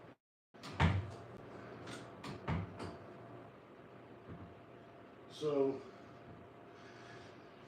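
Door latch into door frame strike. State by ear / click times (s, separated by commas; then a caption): not seated / none. An old interior door is pushed shut to test whether its latch catches in the door frame strike, giving two soft knocks at about 2.2 s and 2.5 s as it meets the frame while someone talks. The latch never engages and nothing clicks: the door does not latch and apparently never could.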